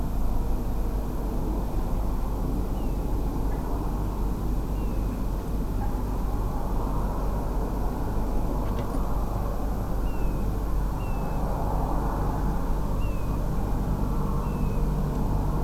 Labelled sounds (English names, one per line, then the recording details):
European Golden Plover
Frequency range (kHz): European Golden Plover 2.4-3.1 kHz
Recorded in France